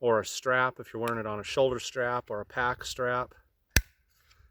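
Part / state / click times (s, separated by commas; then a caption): adjustable belt loop piece on a knife sheath / seated / 3.8 s. Someone talks, then a single sharp click at 3.8 s as the removable, adjustable belt-loop piece is fitted back onto the sheath of a Holtzman's Bushwhacker bushcraft and survival knife; the piece adjusts for belt width or a shoulder or pack strap. The piece locks into place.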